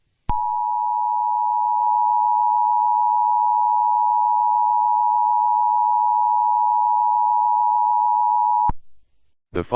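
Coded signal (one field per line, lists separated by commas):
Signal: Emergency Alert System (SAME) tones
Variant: 853 and 960 Hz attention tone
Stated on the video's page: Mock alert, a fictional scenario about a second Stonewall riot.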